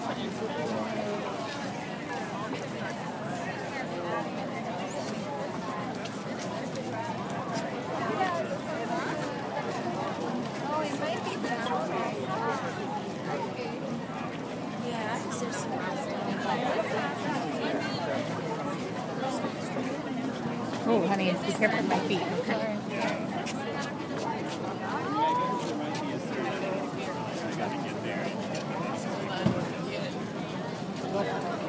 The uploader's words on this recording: Exploring the art fair, Madison. In Madison, Wisconsin, USA while walking though a crowed art fair using a pair of LOM mikroUši Pro microphones. Recorded by Daniel Braun.